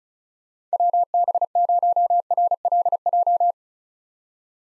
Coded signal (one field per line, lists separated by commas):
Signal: Morse code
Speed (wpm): 36 wpm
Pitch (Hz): 700 Hz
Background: none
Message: WB0RLJ